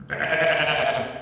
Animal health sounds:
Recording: contact call of a hoofed animal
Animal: sheep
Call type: low-frequency (closed-mouth) or high-frequency (open-mouth) call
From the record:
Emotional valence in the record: negative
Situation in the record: short social isolation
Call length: 1.22 s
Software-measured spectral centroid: 1980 Hz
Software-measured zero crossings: 2510 a second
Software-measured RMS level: -23 dBFS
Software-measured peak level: -8 dBFS

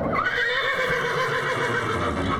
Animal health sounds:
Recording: contact call of a hoofed animal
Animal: horse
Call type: whinny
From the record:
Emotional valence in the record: positive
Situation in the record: reunion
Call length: 2.5 s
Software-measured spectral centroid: 2060 Hz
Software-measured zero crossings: 2590 a second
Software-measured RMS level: -24 dBFS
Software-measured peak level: -11 dBFS

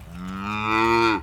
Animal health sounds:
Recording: contact call of a hoofed animal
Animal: cattle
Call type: low-frequency (closed-mouth) or high-frequency (open-mouth) call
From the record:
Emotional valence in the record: negative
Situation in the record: full separation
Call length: 1.23 s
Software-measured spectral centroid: 2110 Hz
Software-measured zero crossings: 1780 a second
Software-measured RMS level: -23 dBFS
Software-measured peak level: -7 dBFS

